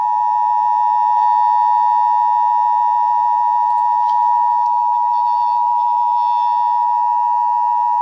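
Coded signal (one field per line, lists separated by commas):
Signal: Emergency Alert System (SAME) tones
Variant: 853 and 960 Hz attention tone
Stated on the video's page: Tornado warning alert.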